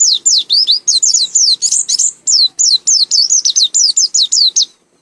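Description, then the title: White-eye song: a long, fast series of high, bright down-slurred whistles, some overlapping into a busy jumble midway, continuing steadily for nearly five seconds. Endemic to East Java, recorded in Malang; referred to by its local name pleci, with a singing style called macok. "Burung Pleci Macok Endemik Jatim Malang"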